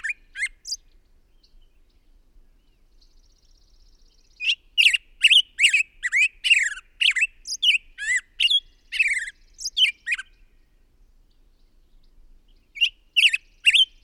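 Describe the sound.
Bird with a few squawks at the outset, several seconds of silence, then a long spell of harsh, wavering chirps, and a final short burst near the end.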